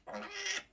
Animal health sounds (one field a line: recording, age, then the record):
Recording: pig call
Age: piglet (1 to 25 days)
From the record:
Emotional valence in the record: negative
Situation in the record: restrain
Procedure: back test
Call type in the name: high-frequency call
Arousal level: low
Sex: female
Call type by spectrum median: high-frequency call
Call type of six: high-frequency stable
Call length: 0.72 s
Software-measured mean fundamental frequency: 203 Hz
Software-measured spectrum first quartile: 1557 Hz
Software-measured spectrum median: 2785 Hz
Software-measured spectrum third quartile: 4807 Hz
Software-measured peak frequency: 1907 Hz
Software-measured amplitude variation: 173 dB a second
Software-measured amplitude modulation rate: 12.4 a second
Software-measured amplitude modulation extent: 14.0 dB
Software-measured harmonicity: 0.9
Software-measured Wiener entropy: -1.71